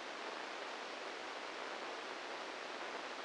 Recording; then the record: brain microelectrode recording played as sound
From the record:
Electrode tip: inside the subthalamic nucleus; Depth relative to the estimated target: -2 mm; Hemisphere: left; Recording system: NeuroSet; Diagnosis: Parkinson's disease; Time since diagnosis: 8 years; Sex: male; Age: 46 years